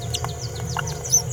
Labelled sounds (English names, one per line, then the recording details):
Green-rumped Parrotlet babbling
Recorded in a nest box in Venezuela
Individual 18B17A4